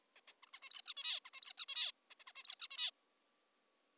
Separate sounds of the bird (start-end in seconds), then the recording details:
0.16-0.20, 0.28-0.33, 0.43-0.46, 0.47-0.50, 0.54-0.60, 0.63-0.70, 0.71-0.82, 0.86-0.94, 0.97-1.20, 1.26-1.30, 1.34-1.41, 1.42-1.53, 1.58-1.65, 1.68-1.91, 2.11-2.14, 2.20-2.24, 2.28-2.32, 2.36-2.43, 2.44-2.55, 2.60-2.68, 2.71-2.91. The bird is an adult. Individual g19o3U